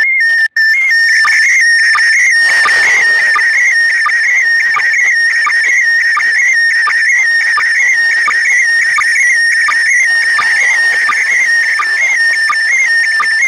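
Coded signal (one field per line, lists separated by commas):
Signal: SSTV (slow-scan television)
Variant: PD 90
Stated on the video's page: Heroes' Day SSTV transmission received at grid OI52eg.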